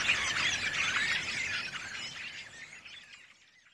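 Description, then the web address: Redwing twitter, a burst of thin high chirps and squeaky notes that fades away over a few seconds into quiet. "Bird Song Site Redwing - Mauvis"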